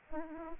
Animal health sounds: mosquito wingbeat signal from an infrared sensor; Aedes aegypti

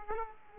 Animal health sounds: mosquito wingbeat signal from an infrared sensor; Aedes aegypti

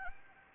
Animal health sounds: mosquito wingbeat signal from an infrared sensor; Anopheles gambiae

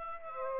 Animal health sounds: mosquito wingbeat signal from an infrared sensor; Aedes aegypti

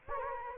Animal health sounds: mosquito wingbeat signal from an infrared sensor; Anopheles gambiae

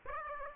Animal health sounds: mosquito wingbeat signal from an infrared sensor; Aedes aegypti

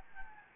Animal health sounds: mosquito wingbeat signal from an infrared sensor; Anopheles gambiae

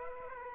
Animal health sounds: mosquito wingbeat signal from an infrared sensor; Aedes aegypti

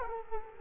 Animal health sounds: mosquito wingbeat signal from an infrared sensor; Culex quinquefasciatus

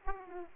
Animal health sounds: mosquito wingbeat signal from an infrared sensor; Aedes aegypti

